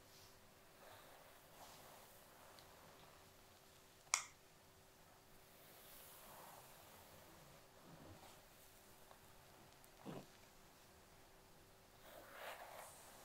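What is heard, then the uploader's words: A jade comb moves through hair in soft swishes, with quiet brushing strokes drifting in and out over a steady low hum. A sharp click lands near four seconds, and a soft bump near ten seconds, with a brief rustle near the end. ASMR Side profile & scalp tingles (baby hairs, hair brushing, jade comb, scalp massage).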